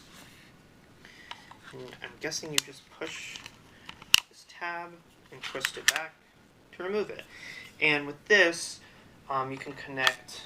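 Someone talks while pushing a release tab on a plastic hilt section of a Star Wars Bladebuilders electronic toy lightsaber and twisting it back to remove it. A sharp plastic click is heard at 4.1 s as the section unlocks and is released.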